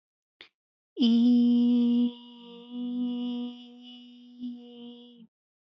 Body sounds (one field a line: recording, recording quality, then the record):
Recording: sustained vowel as in beet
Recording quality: excellent, no background noise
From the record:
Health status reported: respiratory illness, not identified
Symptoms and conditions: asthma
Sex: female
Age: 27 years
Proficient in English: yes